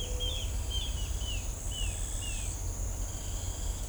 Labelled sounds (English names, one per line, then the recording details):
White-tipped Dove
Pale-tipped Inezia
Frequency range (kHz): White-tipped Dove 0.3-0.6 kHz
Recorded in shrubland near Pivijay, Magdalena, Colombia, on 3 June 2023 at 07:30
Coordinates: 10.453, -74.365
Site P5-G022